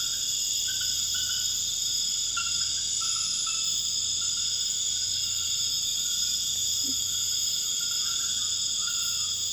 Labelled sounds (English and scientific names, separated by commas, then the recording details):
none
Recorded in dense forest near Puerto Asís, Putumayo, Colombia, on 13 March 2025 at 00:30
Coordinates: 0.481, -76.323
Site G088